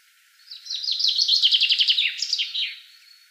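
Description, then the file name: Common chaffinch song, a single rapid trill that speeds into a descending run of notes and closes with a short flourish. "Fringilla coelebs"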